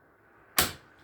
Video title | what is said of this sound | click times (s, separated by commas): Ryobi 40 volt HP chainsaw unboxing setup, use and review | you'll hear an audible click | 0.6 s